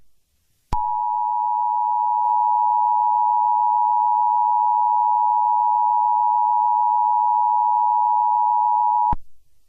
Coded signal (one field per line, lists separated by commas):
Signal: Emergency Alert System (SAME) tones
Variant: 853 and 960 Hz attention tone